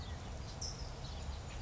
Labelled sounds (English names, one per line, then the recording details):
California Towhee
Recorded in Sonoma County, California